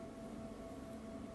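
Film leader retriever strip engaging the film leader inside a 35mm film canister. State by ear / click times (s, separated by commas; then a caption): not seated / none. A 35mm metal film canister is turned counterclockwise inside a Matin film leader retriever, working the retriever's film strip toward catching the leader. Only a steady, even hum with a tone near 650 Hz is heard, with no sharp sounds. Nothing has clicked or caught yet.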